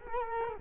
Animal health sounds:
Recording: mosquito wingbeat signal from an infrared sensor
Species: Culex quinquefasciatus

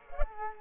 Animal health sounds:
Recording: mosquito wingbeat signal from an infrared sensor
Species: Culex quinquefasciatus

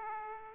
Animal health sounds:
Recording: mosquito wingbeat signal from an infrared sensor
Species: Aedes aegypti

